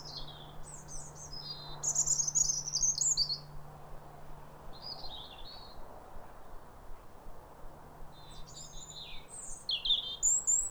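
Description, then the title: European robin song: rapid, high, liquid twittering phrases alternating with silences, a loud trilled passage near the start and another near the end. Pair of robins in neighbouring gardens singing wistful phrases like a duet, as if chatting over the fence, at a clear, calm, rosy New Year sunrise in winter after weeks of rain. "Sound Escape 150: Be uplifted by a chorus of New Year's robins"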